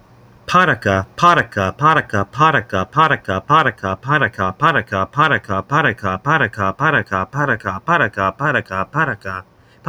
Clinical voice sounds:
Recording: repeated syllables /pa ta ka/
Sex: male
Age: 20 to 29 years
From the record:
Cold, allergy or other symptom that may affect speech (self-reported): no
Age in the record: 21 years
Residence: Florida, United States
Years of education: 12

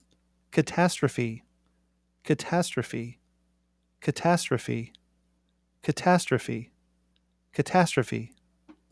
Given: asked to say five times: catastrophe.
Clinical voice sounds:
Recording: repeated word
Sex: male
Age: 50 to 59 years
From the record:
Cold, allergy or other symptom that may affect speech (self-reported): no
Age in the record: 50 years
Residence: Oregon, United States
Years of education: 15

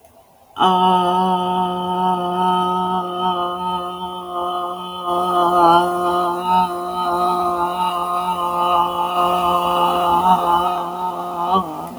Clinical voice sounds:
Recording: vowel held as long as possible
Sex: female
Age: 40 to 49 years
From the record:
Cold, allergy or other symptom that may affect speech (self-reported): no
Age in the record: 41 years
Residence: Arkansas, United States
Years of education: 14

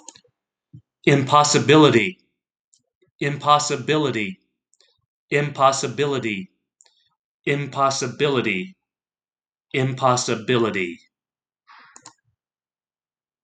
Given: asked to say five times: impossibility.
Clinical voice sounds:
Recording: repeated word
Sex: male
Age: 40 to 49 years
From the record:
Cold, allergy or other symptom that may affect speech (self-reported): no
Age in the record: 45 years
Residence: United States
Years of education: 16

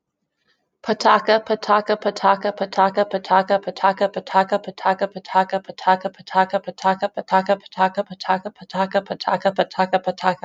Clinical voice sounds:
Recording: repeated syllables /pa ta ka/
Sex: female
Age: 20 to 29 years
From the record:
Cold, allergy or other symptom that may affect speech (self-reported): no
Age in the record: 26 years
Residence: Indiana, United States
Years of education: 16

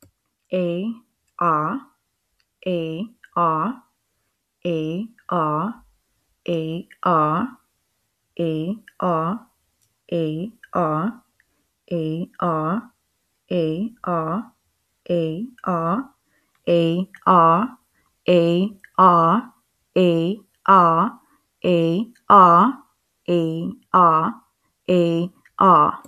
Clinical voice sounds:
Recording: vowel held as long as possible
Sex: female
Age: 30 to 39 years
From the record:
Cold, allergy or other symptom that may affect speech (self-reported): no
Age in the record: 33 years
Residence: Florida, United States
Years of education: 2

